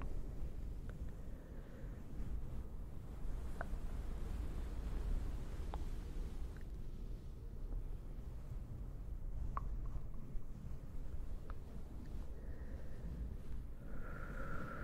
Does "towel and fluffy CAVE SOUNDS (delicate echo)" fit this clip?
yes